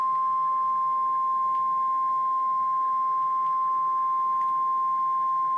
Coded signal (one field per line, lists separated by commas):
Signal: Emergency Alert System (SAME) tones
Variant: 1050 Hz attention tone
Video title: REAL EAS 668-Severe thunderstorm warning